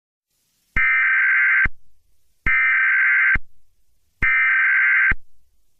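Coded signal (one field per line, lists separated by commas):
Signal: Emergency Alert System (SAME) tones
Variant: header bursts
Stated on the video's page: Fictional SCP 939 EAS scenario, not a real alert.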